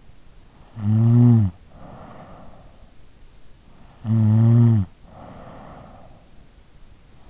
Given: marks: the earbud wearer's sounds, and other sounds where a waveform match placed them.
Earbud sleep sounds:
sounds in sleep by an in-ear microphone; snoring breath
0.49-2.66 s: snoring breath
3.99-6.42 s: snoring breath

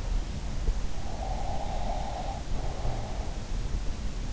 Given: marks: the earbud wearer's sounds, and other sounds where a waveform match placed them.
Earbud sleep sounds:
sounds in sleep by an in-ear microphone; breath
1.20-3.07 s: breath

